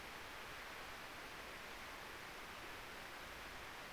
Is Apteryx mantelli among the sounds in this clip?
no